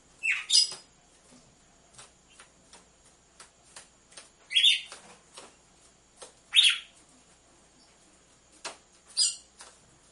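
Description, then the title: Red-cowled cardinal giving a few short, harsh, buzzy chirps at irregular intervals, mixed with faint dry clicks and ticks between the calls. Female red-cowled cardinal song, used to warm up males. "Canto Galo Campina Fêmea 01. ESQUENTE GALO DE CAMPINA COM BATIDA DE DOIS MACHOS"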